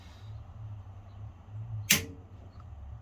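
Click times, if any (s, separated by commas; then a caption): 1.9 s. A torque wrench set to 60 Nm tightens a blade bolt on a TW150 wood chipper during a blade change, over a low steady hum. The wrench breaks over with a single sharp click at 1.9 s, followed by a faint tick at 2.6 s. The bolt reaches the set torque and is tight enough.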